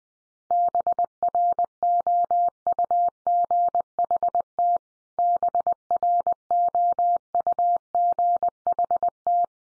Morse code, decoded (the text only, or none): BROUGHT BROUGHT